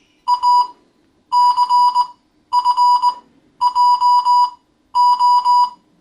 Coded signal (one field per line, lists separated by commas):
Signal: Morse code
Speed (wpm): 19 wpm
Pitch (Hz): 980 Hz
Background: none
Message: A C F J O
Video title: Morse Code Intermediate Class 7